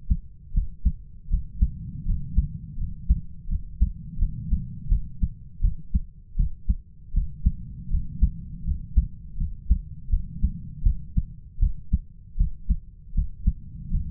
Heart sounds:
heart sounds by stethoscope; 81 bpm
0.53 s: heartbeat
1.29 s: heartbeat
2.05 s: heartbeat
2.77 s: heartbeat
3.48 s: heartbeat
4.18 s: heartbeat
4.88 s: heartbeat
5.61 s: heartbeat
6.36 s: heartbeat
7.13 s: heartbeat
7.89 s: heartbeat
8.64 s: heartbeat
9.37 s: heartbeat
10.09 s: heartbeat
10.82 s: heartbeat
11.59 s: heartbeat
12.36 s: heartbeat
13.14 s: heartbeat
13.90 s: heartbeat
From the record:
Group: healthy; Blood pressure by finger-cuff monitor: 114/70 mmHg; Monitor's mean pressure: 84 mmHg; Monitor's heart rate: 80 bpm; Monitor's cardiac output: 7.5 L/min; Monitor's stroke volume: 92 mL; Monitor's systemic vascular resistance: 820 dyn s/cm5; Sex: male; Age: 33 years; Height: 179 cm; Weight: 80.4 kg

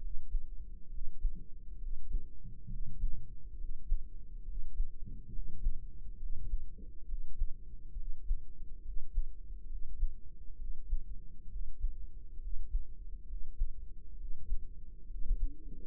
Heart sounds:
heart sounds by microphone in the right ear; 68 bpm
0.87 s: heartbeat
1.76 s: heartbeat
2.66 s: heartbeat
3.54 s: heartbeat
4.42 s: heartbeat
5.28 s: heartbeat
6.15 s: heartbeat
7.03 s: heartbeat
7.93 s: heartbeat
8.80 s: heartbeat
9.65 s: heartbeat
10.54 s: heartbeat
11.46 s: heartbeat
12.37 s: heartbeat
13.23 s: heartbeat
14.14 s: heartbeat
15.04 s: heartbeat
From the record:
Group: healthy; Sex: male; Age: 20 years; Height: 167 cm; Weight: 61 kg

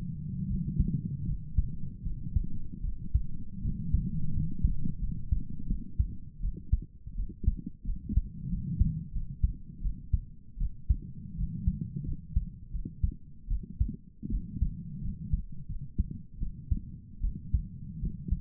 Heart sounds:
heart sounds by stethoscope; 82 bpm
0.48 s: heartbeat
1.26 s: heartbeat
2.03 s: heartbeat
2.82 s: heartbeat
3.62 s: heartbeat
4.33 s: heartbeat
5.00 s: heartbeat
5.68 s: heartbeat
6.41 s: heartbeat
7.16 s: heartbeat
7.86 s: heartbeat
8.51 s: heartbeat
9.14 s: heartbeat
9.82 s: heartbeat
10.59 s: heartbeat
11.36 s: heartbeat
12.05 s: heartbeat
12.72 s: heartbeat
13.49 s: heartbeat
14.30 s: heartbeat
15.02 s: heartbeat
15.68 s: heartbeat
16.39 s: heartbeat
17.22 s: heartbeat
18.00 s: heartbeat
From the record:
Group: healthy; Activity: rest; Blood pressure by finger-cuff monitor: 122/55 mmHg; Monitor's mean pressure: 76 mmHg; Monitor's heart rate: 79 bpm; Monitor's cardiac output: 8.5 L/min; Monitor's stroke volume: 104 mL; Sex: female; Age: 22 years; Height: 160 cm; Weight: 63 kg

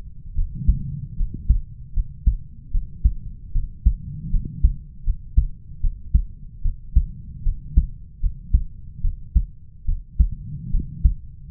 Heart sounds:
heart sounds by stethoscope; 75 bpm
0.35 s: heartbeat
1.16 s: heartbeat
1.93 s: heartbeat
2.71 s: heartbeat
3.52 s: heartbeat
4.30 s: heartbeat
5.03 s: heartbeat
5.80 s: heartbeat
6.62 s: heartbeat
7.43 s: heartbeat
8.20 s: heartbeat
9.01 s: heartbeat
9.85 s: heartbeat
10.70 s: heartbeat
11.50 s: heartbeat
From the record:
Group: healthy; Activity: rest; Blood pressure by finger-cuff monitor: 91/71 mmHg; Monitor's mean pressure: 77 mmHg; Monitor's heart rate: 76 bpm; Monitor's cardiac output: 5.2 L/min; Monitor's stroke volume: 69 mL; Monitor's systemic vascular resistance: 1060 dyn s/cm5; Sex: male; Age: 20 years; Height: 187 cm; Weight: 68.9 kg

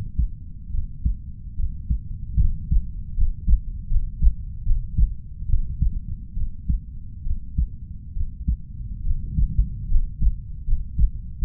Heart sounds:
heart sounds by stethoscope; 73 bpm
0.70 s: heartbeat
1.55 s: heartbeat
2.37 s: heartbeat
3.14 s: heartbeat
3.87 s: heartbeat
4.63 s: heartbeat
5.46 s: heartbeat
6.33 s: heartbeat
7.23 s: heartbeat
8.13 s: heartbeat
9.03 s: heartbeat
9.87 s: heartbeat
10.64 s: heartbeat
11.39 s: heartbeat
From the record:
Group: healthy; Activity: rest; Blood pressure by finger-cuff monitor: 114/66 mmHg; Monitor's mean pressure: 79 mmHg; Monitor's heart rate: 68 bpm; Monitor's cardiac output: 5.4 L/min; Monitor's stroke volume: 78 mL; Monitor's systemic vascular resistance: 1060 dyn s/cm5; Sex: female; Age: 32 years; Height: 168 cm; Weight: 61.9 kg

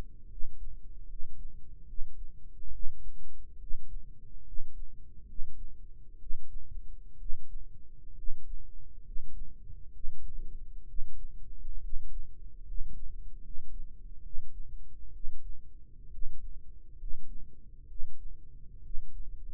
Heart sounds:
heart sounds by microphone in the right ear; 68 bpm
0.25 s: heartbeat
1.03 s: heartbeat
1.82 s: heartbeat
2.68 s: heartbeat
3.55 s: heartbeat
4.41 s: heartbeat
5.23 s: heartbeat
6.15 s: heartbeat
7.14 s: heartbeat
8.12 s: heartbeat
8.99 s: heartbeat
9.88 s: heartbeat
10.82 s: heartbeat
11.77 s: heartbeat
12.61 s: heartbeat
13.37 s: heartbeat
14.19 s: heartbeat
15.09 s: heartbeat
16.07 s: heartbeat
16.94 s: heartbeat
17.84 s: heartbeat
18.79 s: heartbeat
From the record:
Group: healthy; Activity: rest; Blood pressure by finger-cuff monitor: 97/53 mmHg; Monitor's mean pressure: 62 mmHg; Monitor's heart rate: 69 bpm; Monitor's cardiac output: 7.7 L/min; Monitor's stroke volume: 111 mL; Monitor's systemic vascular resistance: 560 dyn s/cm5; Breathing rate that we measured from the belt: 15 breaths a minute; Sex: male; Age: 22 years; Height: 185 cm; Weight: 112.4 kg

